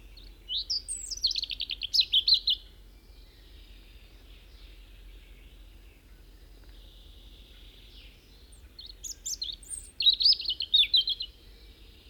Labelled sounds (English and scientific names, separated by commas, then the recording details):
European Robin (Erithacus rubecula) song
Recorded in the wild
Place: Putbus, Insel Rügen, Mecklenburg-Vorpommern, DE
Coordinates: 54.355, 13.467
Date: 1971-05-27
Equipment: Nagra III BH, Sennheiser MD 21, parabola
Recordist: Schubert, Michael
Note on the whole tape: Gesang Rotkehlchen